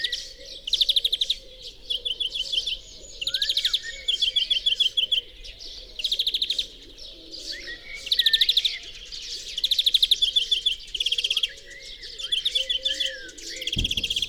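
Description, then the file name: European greenfinch giving short trilled bursts about every second, over a steady low hum, with a brief thump at the end. "Chloris chloris"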